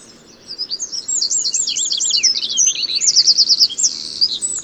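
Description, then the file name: Eurasian wren pouring out a continuous stream of high, quick trilled notes and warbles after a brief quiet start. "Troglodytes troglodytes"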